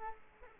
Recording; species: mosquito wingbeat signal from an infrared sensor; Culex quinquefasciatus